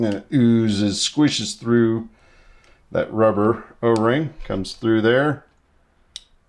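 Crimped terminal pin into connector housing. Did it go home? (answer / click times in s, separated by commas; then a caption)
yes / 6.2 s. A crimped terminal pin is pushed through the rubber O-ring into a Deutsch-style plastic connector housing while someone talks. After the talking, a single sharp click at 6.2 seconds marks the terminal seating in the housing.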